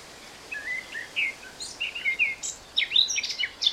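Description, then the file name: Eurasian blackcap song, soft, scattered warbled notes building into brighter, higher fluty phrases, heard against steady background noise. "Sylvia atricapilla"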